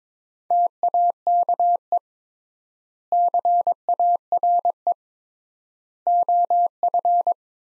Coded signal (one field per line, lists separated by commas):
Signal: Morse code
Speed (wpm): 22 wpm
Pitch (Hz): 700 Hz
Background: none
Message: TAKE CARE OF